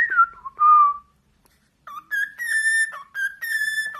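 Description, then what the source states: Cockatiel whistle: clear, steady whistled tones, first falling then flat, a short gap, then rising and level notes repeated in a simple tune. Several cockatiels singing, whistling.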